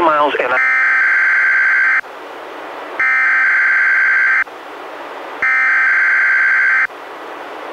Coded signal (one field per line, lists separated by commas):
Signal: Emergency Alert System (SAME) tones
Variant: header bursts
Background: speech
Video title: EAS #102-104: 3 NWR Required Weekly Tests- Mar. 16-30, 2016